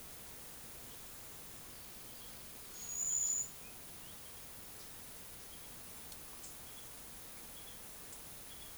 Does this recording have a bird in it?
no